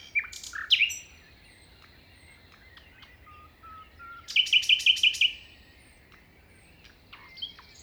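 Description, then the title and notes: Common nightingale song with sharp opening notes, a few soft low whistles, then a quick run of repeated ringing notes; light wind in the background. Beside a path on the Plateau de Lesches en Diois, 21 May 2019 at 5:05 am; windy; recorded in stereo with a Nagra Seven and MKH40 microphones. "Plateau de Lesches en diois. un rossignol en bord de chemin"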